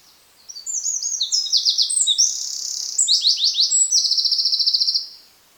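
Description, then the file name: Eurasian wren giving a vigorous, very high-pitched song of rapid trills and rattling phrases, ending abruptly after roughly four and a half seconds. "Troglodytes troglodytes"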